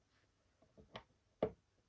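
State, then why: Seated. A screw is turned backwards in an untapped hole in the plastic housing of a 1990s Mazda Gardian lamp fitting, so that it can find the thread already cut there. Faint ticks and small scraping sounds lead to a sharper tick at 1.0 s. A louder, distinct click at 1.4 s marks the screw dropping into the existing thread, which means it is seated and can now be screwed in.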